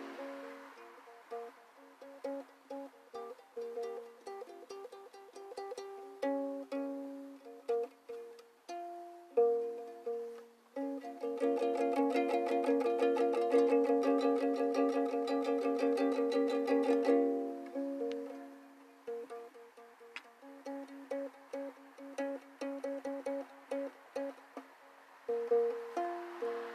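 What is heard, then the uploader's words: A ukulele is played live, alternating single plucked notes and short chord phrases with clear gaps between them. From about 11 to 17 seconds the playing turns into a dense, rapid strum that rings bright and loud before easing back into sparser picked notes. Live audio ukuele.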